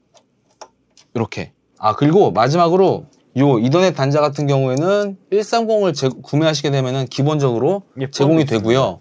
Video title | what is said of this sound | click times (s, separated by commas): 하이파이로즈 RS130! DAC를 뺀 순수한 트랜스포트 | 주의하실 점이 딸깍 소리가 날 때까지 밀어 넣으시면 돼요 | 0.6 s